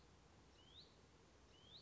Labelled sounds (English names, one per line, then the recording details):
Hutton's Vireo
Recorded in Sonoma County, California